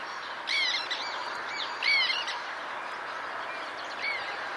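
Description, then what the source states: Black Tern: three squeaky, grating calls, the last one softer, over steady background hiss. The squeaking call to listen for at a black tern site.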